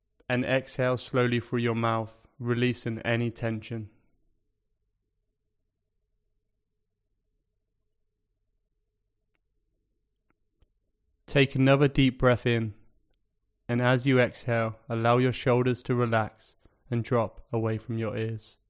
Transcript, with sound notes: and exhale slowly through your mouth, releasing any tension. [Pause 5 seconds] Take another deep breath in... and as you exhale, allow your shoulders to relax and drop away from your ears.